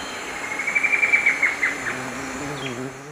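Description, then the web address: Ancient antwren song: a quick series of short, evenly pitched notes, then fading, over a steady background hum. Song, played back; eastern lowlands of South America. "Natures Songs S America Eastern Lowlands. Herpsilochmus gentryi, song"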